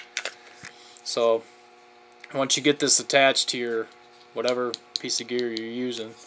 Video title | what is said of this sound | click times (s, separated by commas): PART 2 OF CONNECTION SYSTEM FOR BLACKHAWK SERPA HOLSTERS | push it in the tabs come up and you twist and they lock into place and it's not going to come out of that thing | 0.2 s